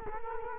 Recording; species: mosquito wingbeat signal from an infrared sensor; Culex quinquefasciatus